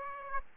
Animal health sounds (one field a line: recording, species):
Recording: mosquito wingbeat signal from an infrared sensor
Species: Aedes aegypti